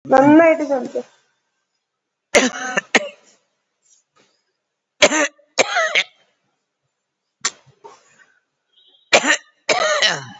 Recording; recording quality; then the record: heavy voluntary cough; excellent, no background noise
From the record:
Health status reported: COVID-19 positive, mild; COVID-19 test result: positive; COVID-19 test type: RT-PCR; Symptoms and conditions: cough, fatigue, hypertension, diabetes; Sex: female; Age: 78 years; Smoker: no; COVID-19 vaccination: one dose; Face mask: worn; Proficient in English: yes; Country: India